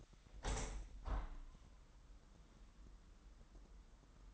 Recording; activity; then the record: daily activity, microphone in the room; open window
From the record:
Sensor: 3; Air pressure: 998.6 hPa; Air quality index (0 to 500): 153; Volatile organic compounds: 6 ppm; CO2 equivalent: 1845 ppm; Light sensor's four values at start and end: 11/27/11/12 and 11/27/11/12